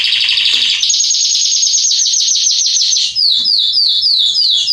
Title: Canary Training Esquente Seu Filhote E Canario Belga Macho Cantando Muito. CANTO DO CANRIO